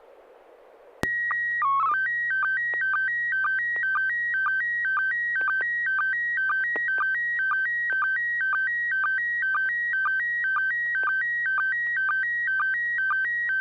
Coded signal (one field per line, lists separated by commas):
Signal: SSTV (slow-scan television)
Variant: PD 120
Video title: N6NA SSTV Net - 09/11/2024